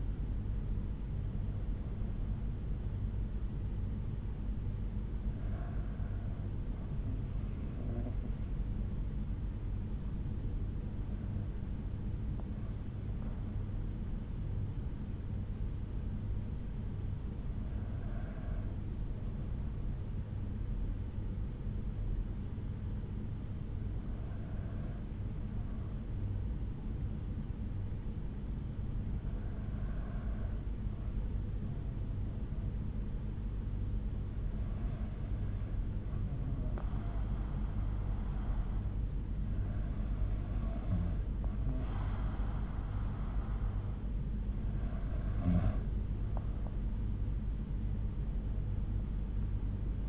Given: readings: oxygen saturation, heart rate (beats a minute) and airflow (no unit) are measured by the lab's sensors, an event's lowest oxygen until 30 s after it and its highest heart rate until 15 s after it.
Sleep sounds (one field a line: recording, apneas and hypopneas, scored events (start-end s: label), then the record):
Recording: breathing in sleep by a smartphone at the bedside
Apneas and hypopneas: 1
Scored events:
11.00-43.80 s: hypopnea (N2, oxygen 96% highest, then 93% lowest, heart rate 63 at the start, 73 highest)
From the record:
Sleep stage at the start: N2 (light sleep)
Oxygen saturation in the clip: 93 to 96%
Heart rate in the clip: 60 to 71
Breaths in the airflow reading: 10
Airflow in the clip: -6.7 to 7.1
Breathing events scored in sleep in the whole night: 368 in 8.0 hours asleep